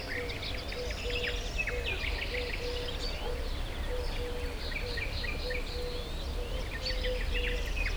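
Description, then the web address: Birds call in a crowded chorus of chirps and trills, with evenly repeated low notes and a steady low rumble beneath. Hortobágy fishponds, Hungary, 2014; at the inner terminal station of the narrow-gauge railway; diverse birdlife. "hanggyujtemeny kisvasut hortobagyihalastavak 2014 termeszet sokszinumadarvilag belsovegallomas"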